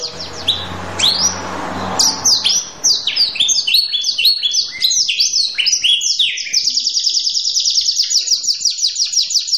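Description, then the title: Canary singing: a few high sweeping notes lead into a long, fast run of high warbles that ends in a steady, rapidly repeated trill. Canary in vigorous, persistent song with long rolls, presented as prompting other canaries to answer at once. "LANGSUNG NYAUT GACOR DOR Kenari Manasaja, Dengan Kicau Kenari GACOR NGOTOT ROLL PANJANG"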